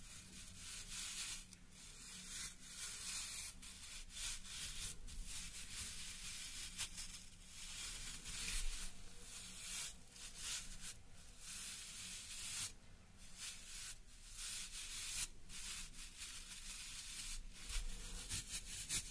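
A hair roll being worked, giving a continuous dry rubbing and scratching that stays dense for the whole stretch. The bright hiss swells and eases in uneven strokes, with short pauses near 1.5, 5, 12.5 and 17.5 seconds, over a faint low rumble.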